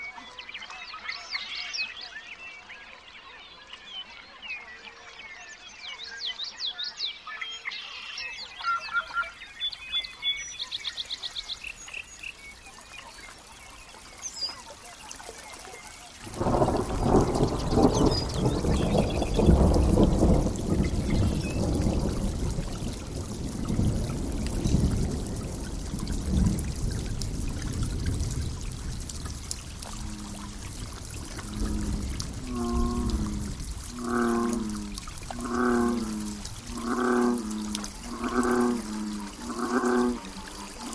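Quiet opening with high, thin chirps and twitters for about sixteen seconds, then a sudden steady roar like pouring water or heavy rain takes over. From around thirty seconds, a low, hooting call repeats roughly every second and a half over the wash.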